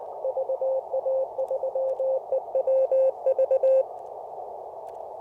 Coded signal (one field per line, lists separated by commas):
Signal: Morse code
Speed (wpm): 19 wpm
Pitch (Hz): 550 Hz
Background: radio noise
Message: VA3EWV